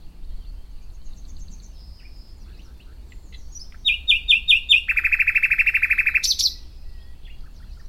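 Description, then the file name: Common nightingale song: faint thin notes, then a run of five loud whistled notes followed by a fast rattling trill of repeated clicks, ending in a high buzzy flourish. "Luscinia megarhynchos"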